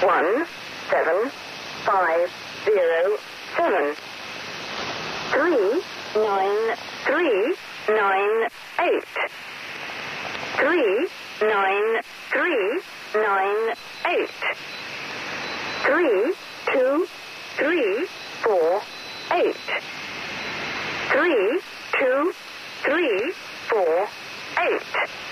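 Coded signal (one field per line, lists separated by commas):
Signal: numbers station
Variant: Lincolnshire Poacher, English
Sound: synthetic voice reading five-digit number groups, evenly spaced, over shortwave hiss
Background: radio static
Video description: the lincolnshire poacher mi5 by The Conet Project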